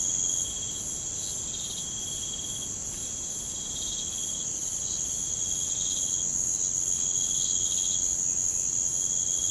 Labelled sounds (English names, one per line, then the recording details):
none
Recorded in pastures near Puerto Asís, Putumayo, Colombia, on 23 June 2025 at 04:30
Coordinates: 0.472, -76.331
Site G095